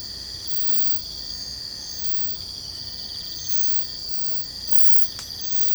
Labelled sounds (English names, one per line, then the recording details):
none
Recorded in secondary vegetation near Puerto Asís, Putumayo, Colombia, on 22 December 2024 at 02:30
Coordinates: 0.499, -76.323
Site G010